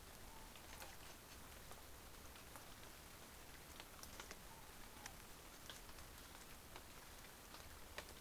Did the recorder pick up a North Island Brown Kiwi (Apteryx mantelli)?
no